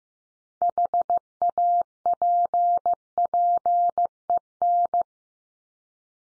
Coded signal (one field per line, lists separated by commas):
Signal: Morse code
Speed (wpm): 15 wpm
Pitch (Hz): 700 Hz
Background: none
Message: HAPPEN